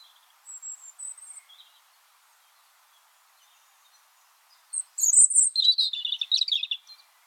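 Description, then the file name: European robin song: thin high whistles early, then a burst of rapid twittering, warbling notes from five to seven seconds, with quiet gaps between. "Erithacus rubecula"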